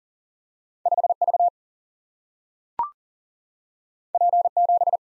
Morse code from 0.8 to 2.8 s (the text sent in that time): 5 V